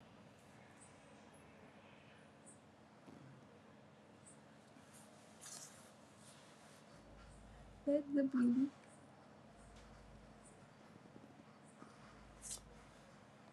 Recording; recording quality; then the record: shallow breathing; moderate, slight background noise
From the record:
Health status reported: recovered from COVID-19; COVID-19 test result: negative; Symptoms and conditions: asthma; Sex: male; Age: 26 years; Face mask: not worn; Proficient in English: yes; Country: India